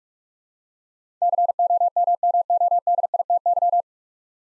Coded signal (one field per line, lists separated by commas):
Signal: Morse code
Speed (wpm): 46 wpm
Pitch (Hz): 700 Hz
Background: none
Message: COMMODITY